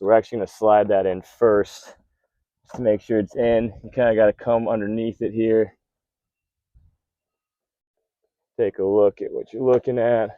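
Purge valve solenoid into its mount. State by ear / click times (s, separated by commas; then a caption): not seated / none. Someone talks while reaching underneath to slide the purge valve solenoid into its mount on a 2013 Fiat 500 Abarth, lining it up before it seats. A quiet stretch from about 5.7 to 8.6 seconds holds only a faint brief sound near 6.8 seconds, and the solenoid has not seated or clicked yet.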